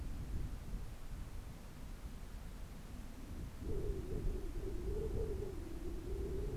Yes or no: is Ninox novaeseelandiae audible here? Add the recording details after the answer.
no. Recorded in New Zealand on 4 June 2017. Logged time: 19:01. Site Taranaki